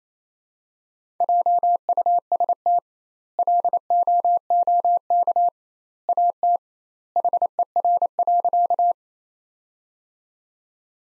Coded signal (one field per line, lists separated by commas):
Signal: Morse code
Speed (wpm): 28 wpm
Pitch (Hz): 700 Hz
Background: none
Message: JUST LOOK AT HER.